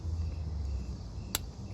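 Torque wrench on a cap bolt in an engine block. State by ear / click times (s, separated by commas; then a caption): torque reached / 1.3 s. A torque wrench set to 15 ft-lb is pulled on a cap bolt in an LQ4 engine block being rebuilt for a 2001 Camaro SS turbo build. A sharp, brief click sounds at 1.4 s over a steady low hum. The wrench reaches its 15 ft-lb setting.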